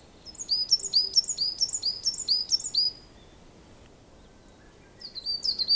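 Bird repeating high, sharp chirps in a quick run, falling silent for about two seconds, then starting another high burst.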